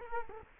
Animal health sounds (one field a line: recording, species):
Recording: mosquito wingbeat signal from an infrared sensor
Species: Culex quinquefasciatus